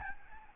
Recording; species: mosquito wingbeat signal from an infrared sensor; Aedes albopictus